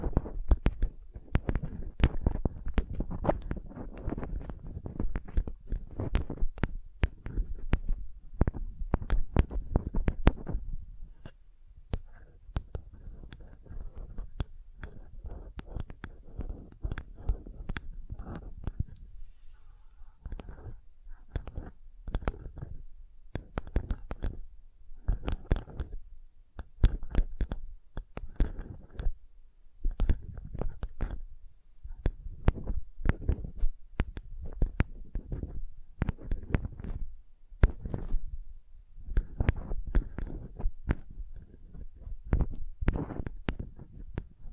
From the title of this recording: Sensitive Tapping